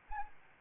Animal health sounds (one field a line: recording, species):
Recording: mosquito wingbeat signal from an infrared sensor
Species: Anopheles arabiensis